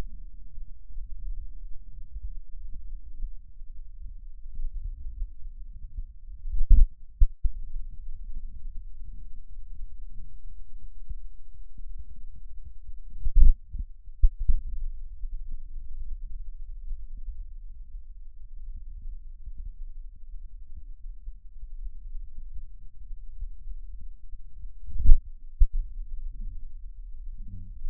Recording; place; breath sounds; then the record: lung sounds by stethoscope; left posterior lower chest; inspiratory and expiratory wheeze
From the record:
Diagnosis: asthma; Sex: male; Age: 70 years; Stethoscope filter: bell mode, 20 to 200 Hz